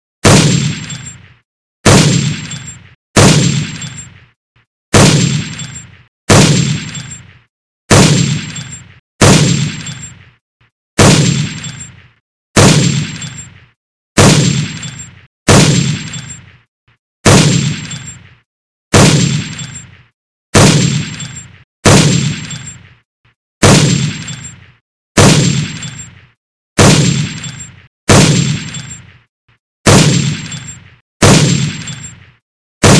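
A .50 caliber rifle fires about twenty heavy shots at a steady pace, roughly one every second and a half. Each blast hits with a sharp crack and deep boom, then rolls away in a long echoing tail that fades just before the next shot.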